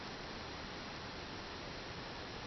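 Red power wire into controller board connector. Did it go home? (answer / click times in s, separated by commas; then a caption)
no / none. A red power wire is being handled at its connector on a robot controller board while a steady broadband hiss fills the clip, with no distinct click or sudden sound. Nothing has seated or clicked yet.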